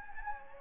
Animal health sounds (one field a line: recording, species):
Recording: mosquito wingbeat signal from an infrared sensor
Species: Anopheles gambiae